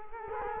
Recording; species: mosquito wingbeat signal from an infrared sensor; Culex quinquefasciatus